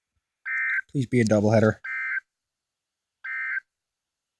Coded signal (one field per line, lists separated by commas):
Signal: Emergency Alert System (SAME) tones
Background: speech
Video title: EAS 58 and 59 SVR and TOR in Florida